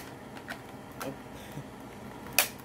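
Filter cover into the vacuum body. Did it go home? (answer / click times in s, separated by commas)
yes / 2.4 s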